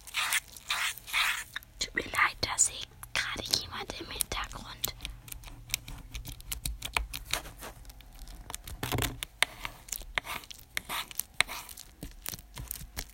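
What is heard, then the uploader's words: Dense slime squishing with rapid sticky clicks and pops, busiest in the first three seconds and again near nine, over a low steady hum. Wir haben uns Slime selber zusammen gemischt, mit schon gemischtem Slime gespielt und ihn zerrissen. Slime ASMR.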